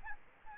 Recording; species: mosquito wingbeat signal from an infrared sensor; Aedes albopictus